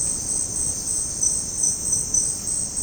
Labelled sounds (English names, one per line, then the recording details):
none
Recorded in dense forest near Puerto Asís, Putumayo, Colombia, on 29 June 2025 at 17:00
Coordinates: 0.486, -76.317
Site G065